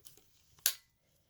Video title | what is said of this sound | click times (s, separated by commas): Dyson Ball Total Clean Unboxing, Assembly, & Usage Tutorial (UP13) | heard that click | 0.7 s